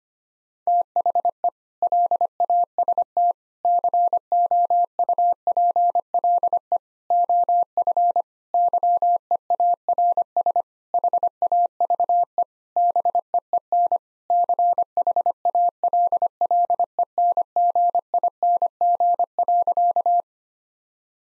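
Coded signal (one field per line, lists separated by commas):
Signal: Morse code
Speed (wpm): 25 wpm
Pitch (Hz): 700 Hz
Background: none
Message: THE LAST COUPLE OF YEARS HAVE BEEN CHALLENGING.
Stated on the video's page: Morse code practice at 25 wpm: sentences built from common five-word phrases, sent, spoken, then sent again for head-copy.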